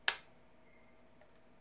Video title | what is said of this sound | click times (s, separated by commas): Updating the firmware on a Hear Back PRO Mixer | I'm gonna line it up and stick it in until it clicks and | 0.1 s